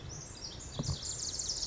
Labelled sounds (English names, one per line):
Pacific Wren